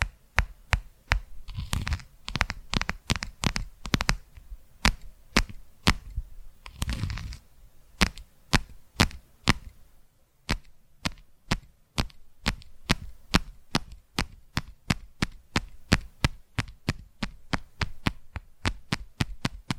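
Crisp tapping sounds repeat in a steady, fairly quick rhythm for the whole 20 seconds, each tap short and sharp. During the first half, softer rustling and low thumps blend in, with a thicker patch around seconds 2 and 7. After about 10 seconds the taps sound cleaner and more evenly spaced.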